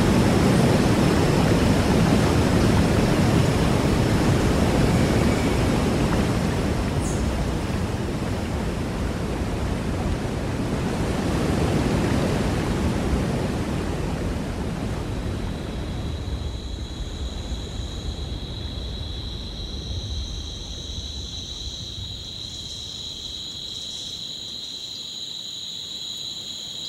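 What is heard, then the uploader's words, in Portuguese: Soundscape heard from a tree canopy: a steady, dense rushing hiss, like wind through leaves, strongest in the first half and gradually easing. From about sixteen seconds, high thin insect trills buzz steadily above the fading rustle. Uma confortável cabana em cima de uma bela e ancestral árvore na Serra da Bocaina (SP). A paisagem sonora que se escuta na copa de uma árvore.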